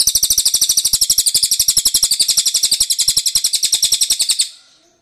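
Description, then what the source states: Bird song, a loud, dense rattling trill of high notes repeated rapidly at a steady pace for over four seconds, then silence. Masteran training recording.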